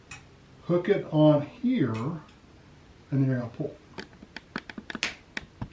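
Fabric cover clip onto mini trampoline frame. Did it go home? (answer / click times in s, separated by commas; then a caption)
yes / 5.0 s. A plastic buckle clip on the fabric skirt of a BCAN 450/550 lb foldable mini trampoline is threaded through a loop, hooked onto the trampoline frame, and pulled taut while someone talks. A series of short, sharp clicks and taps follows, and the clip snaps into place on the frame at 5.0 s.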